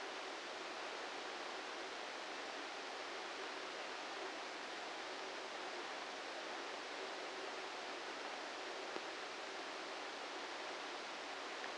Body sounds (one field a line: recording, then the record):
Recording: brain microelectrode recording played as sound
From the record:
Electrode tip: outside the subthalamic nucleus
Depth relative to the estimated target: -6 mm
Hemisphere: left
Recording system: NeuroSet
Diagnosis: Parkinson's disease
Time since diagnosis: 8 years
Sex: male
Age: 58 years